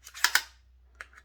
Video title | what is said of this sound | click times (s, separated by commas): MantisX Blackbeard - AR training tool | so that's it clicking into place now it's just like a magazine so it's got a little | 0.2 s, 0.4 s